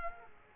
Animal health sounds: mosquito wingbeat signal from an infrared sensor; Culex quinquefasciatus

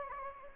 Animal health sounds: mosquito wingbeat signal from an infrared sensor; Anopheles gambiae

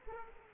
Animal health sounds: mosquito wingbeat signal from an infrared sensor; Aedes aegypti

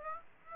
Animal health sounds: mosquito wingbeat signal from an infrared sensor; Aedes aegypti

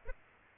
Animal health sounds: mosquito wingbeat signal from an infrared sensor; Aedes aegypti

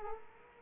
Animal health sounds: mosquito wingbeat signal from an infrared sensor; Culex quinquefasciatus

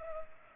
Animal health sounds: mosquito wingbeat signal from an infrared sensor; Culex pipiens

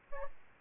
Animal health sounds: mosquito wingbeat signal from an infrared sensor; Aedes albopictus

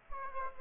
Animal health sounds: mosquito wingbeat signal from an infrared sensor; Aedes aegypti

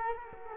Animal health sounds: mosquito wingbeat signal from an infrared sensor; Culex quinquefasciatus

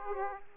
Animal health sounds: mosquito wingbeat signal from an infrared sensor; Aedes aegypti

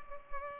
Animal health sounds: mosquito wingbeat signal from an infrared sensor; Culex pipiens

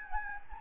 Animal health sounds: mosquito wingbeat signal from an infrared sensor; Anopheles gambiae

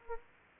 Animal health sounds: mosquito wingbeat signal from an infrared sensor; Anopheles arabiensis

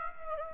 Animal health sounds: mosquito wingbeat signal from an infrared sensor; Aedes aegypti

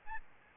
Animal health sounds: mosquito wingbeat signal from an infrared sensor; Aedes albopictus

